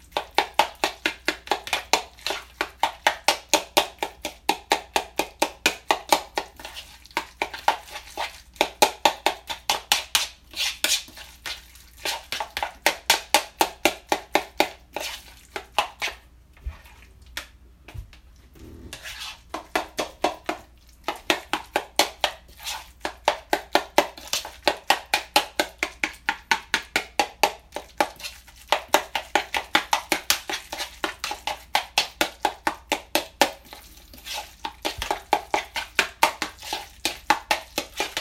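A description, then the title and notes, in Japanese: Kitchen sounds: a fast, dense run of sharp knocks and taps, much like steady chopping on a board, going on nearly the whole time. The hits come in quick bursts with brief pauses, easing off around 16–19 seconds before picking up again. キッチンの音。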